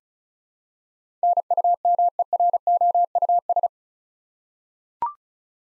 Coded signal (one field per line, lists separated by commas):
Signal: Morse code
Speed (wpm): 36 wpm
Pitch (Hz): 700 Hz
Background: none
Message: NUMEROUS